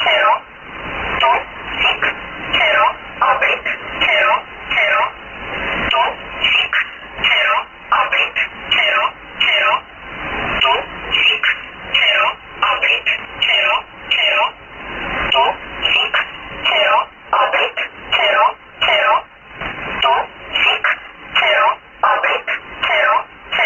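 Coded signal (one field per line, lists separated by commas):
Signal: numbers station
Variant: E11 Oblique, English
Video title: 30 07 2018 E11 Oblique Numbers station in English to Eu 0745 on 9610 unknown tx site in USB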